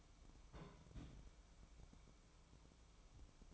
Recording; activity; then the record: daily activity, microphone in the room; place on stove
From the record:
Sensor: 1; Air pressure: 1008.1 hPa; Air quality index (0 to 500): 134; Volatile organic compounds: 2 ppm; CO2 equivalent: 1132 ppm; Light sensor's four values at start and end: 8/19/8/8 and 8/20/8/8